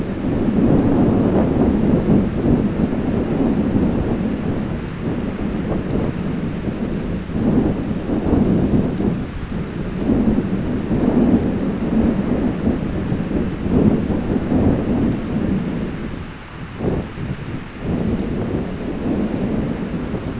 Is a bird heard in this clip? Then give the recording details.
no. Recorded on Arctic tundra, site ZACK-1, on 16 June 2019. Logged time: 07:49